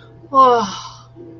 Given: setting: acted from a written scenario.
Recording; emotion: vocal sound without words; awe